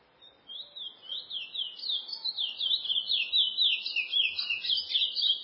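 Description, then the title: Chestnut-bellied seed finch song: a rapid, lively run of high up-and-down whistled notes, around four per second, growing louder at first and then holding steady. "Canto De Curio"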